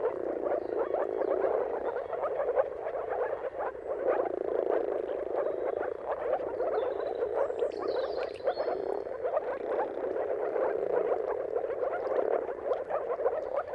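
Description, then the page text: Moor frogs in a steady chorus of overlapping bubbling calls; faint high bird notes drift above now and then. Mating chorus of many moor frogs at sunrise, turn of March and April, timing depending on the weather. "Dawn’s Chorus: Mating Calls of Marsh Frogs at Sunrise. Depending on the weather at the turn of March and April, you can witness an amazing spectacle of moor frogs. Jakub Orzecki. earth.fm"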